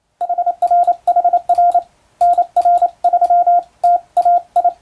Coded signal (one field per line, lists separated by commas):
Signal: Morse code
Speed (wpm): 28 wpm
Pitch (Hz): 700 Hz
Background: radio noise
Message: HRHR NR3 TAI